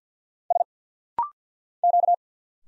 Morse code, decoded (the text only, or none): S Q